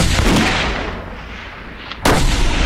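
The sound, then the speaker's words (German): A loud, sharp rifle volley from a firing squad rings out and rolls into a long decaying echo, then a second loud crack of shots bursts in near the end. No one speaks. “Ich hatte ein anderes und auch lauteres Kommando erwartet und sah bereits Rauch vor den Gewehren der Kameraden, ehe ich abdrückte.”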